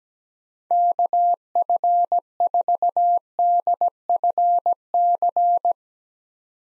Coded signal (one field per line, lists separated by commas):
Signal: Morse code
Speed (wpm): 17 wpm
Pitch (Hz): 700 Hz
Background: none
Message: KF4DFC